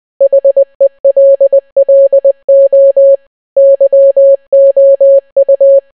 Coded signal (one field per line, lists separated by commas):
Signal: Morse code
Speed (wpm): 20 wpm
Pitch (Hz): 550 Hz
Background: none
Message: HELLO YOU